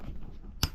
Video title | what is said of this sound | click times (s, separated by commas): THIS IS SO UNEXPECTED!!! | until it clicks. Also this way | 0.6 s